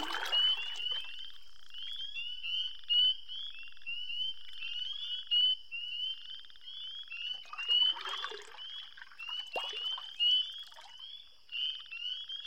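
Frogs and toads call in a dense, steady chorus of quick, bright pulsing croaks that repeat without a break. Birds sing over it in short chirping bursts near the start, around eight seconds and again near ten seconds, with a louder sharp sound in between.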